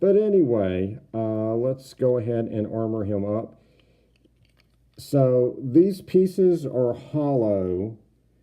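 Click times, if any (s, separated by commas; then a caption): none. Someone talks while handling a hollow plastic armor leg piece that is about to be pushed onto an action figure's leg, with a few faint ticks between 3.8 and 4.6 s during a pause in the talk. Nothing has seated or clicked yet; the piece is handled but not yet home on the leg.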